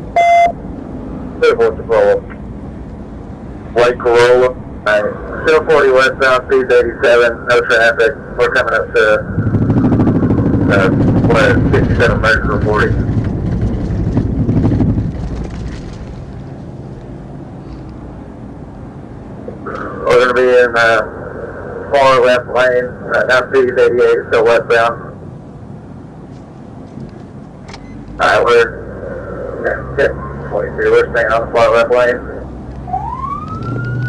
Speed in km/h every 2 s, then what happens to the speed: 15, 16, 15, 15, 15, 11, 15, 10, 10, 0, 0, 0, 0, 0, 0, 0, 15.
0-18 slows to 0. 18-30 standing. 30-34 pulls away to 15.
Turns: none.